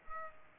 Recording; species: mosquito wingbeat signal from an infrared sensor; Culex pipiens